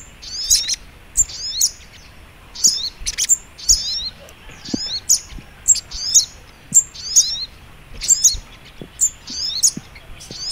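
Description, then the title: Little Spiderhunter song of bright, squeaky chirps with slurred tails, delivered about once a second. Masteran (training) recording; song style called labaik. "Masteran Burung Sogok Ontong Labaik"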